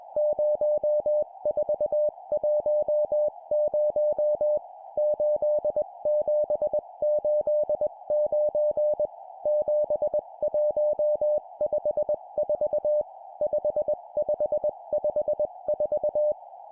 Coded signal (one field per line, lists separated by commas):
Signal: Morse code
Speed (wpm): 21 wpm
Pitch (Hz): 600 Hz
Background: music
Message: 0410 8789 7154 5554